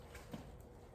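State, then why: Not seated. A replacement crankshaft position sensor for a 2.0T TFSI Audi/VW engine is pressed by hand into its bore in the engine block before the bolt goes in; it must be fully seated so the bolt doesn't draw it in and cause damage. Only quiet, steady handling noise is heard, with a slight low bump near 0.3 s. The sensor has not seated or clicked yet.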